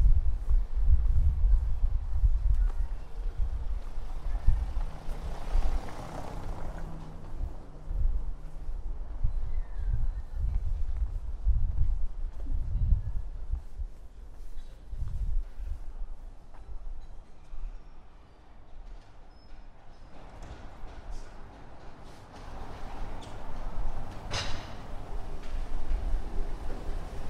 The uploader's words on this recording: Prague walk from Castle to Charles bridge & both towers. This walk starts at Prague Castle ending at Charles bridge by visiting both towers found at each side of Charles bridge.